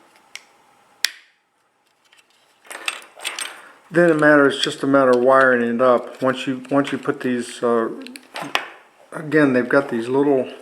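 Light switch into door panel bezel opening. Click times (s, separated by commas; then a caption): 1.1 s. A new light switch with a plastic retainer ring is pushed into the flared opening of the plastic door panel bezel on a 1984 C4 Corvette, for the door panel reading lamps. It pops into place with a sharp click at 1.0 s, followed by a few lighter knocks and then someone talking.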